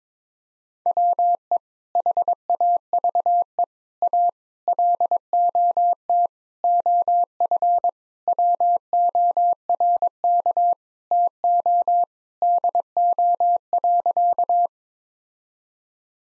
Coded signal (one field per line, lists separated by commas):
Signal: Morse code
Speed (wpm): 22 wpm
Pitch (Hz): 700 Hz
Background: none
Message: WE HAVE A LOT OF WORK TO DO.